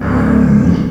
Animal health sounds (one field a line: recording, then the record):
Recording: squeal of a Yucatan mini pig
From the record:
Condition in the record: after surgery on the right vocal fold (resection and tissue-engineered implant)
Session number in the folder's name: 16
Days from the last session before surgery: 183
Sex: female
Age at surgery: 19 weeks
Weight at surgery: 25 kg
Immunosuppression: prednisolone